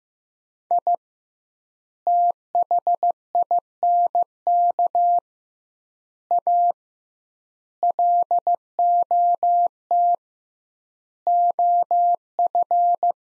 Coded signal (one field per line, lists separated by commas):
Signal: Morse code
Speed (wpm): 15 wpm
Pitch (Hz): 700 Hz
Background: none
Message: I THINK A LOT OF